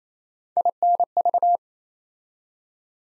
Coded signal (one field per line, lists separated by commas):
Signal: Morse code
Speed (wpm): 28 wpm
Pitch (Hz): 700 Hz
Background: none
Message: INV